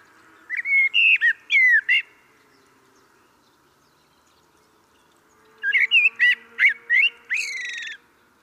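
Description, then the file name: Common blackbird calling in two bursts of sharp, slurred whistled notes mixed with harsh squawky elements, separated by several seconds of near silence. "Turdus merula"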